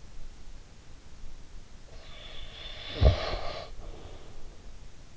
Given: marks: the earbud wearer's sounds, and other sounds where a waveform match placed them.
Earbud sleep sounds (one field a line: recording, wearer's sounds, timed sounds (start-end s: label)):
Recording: sounds in sleep by an in-ear microphone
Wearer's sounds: snoring breath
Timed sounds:
1.49-5.10 s: snoring breath